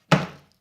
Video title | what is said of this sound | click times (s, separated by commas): DIY 24V Solar Power Station For The Tacoma: Part 1 | and it clicks right into place. | 0.1 s